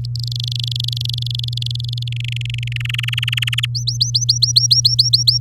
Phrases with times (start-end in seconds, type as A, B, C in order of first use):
0.04-2.03 A, 2.07-2.77 B, 2.80-3.66 C, 3.75-5.38 D